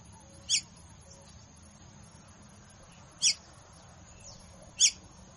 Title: Canto Galo Campina Fêmea 02. Galo de Campina batendo fogo ( Canto de Pássaros )